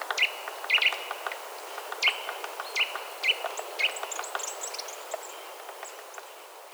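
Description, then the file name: Eurasian nuthatch calling with clipped, high piping notes, some doubled, spaced unevenly and fading toward the end. "Sitta europaea"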